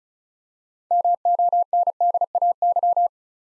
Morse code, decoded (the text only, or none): MONDAY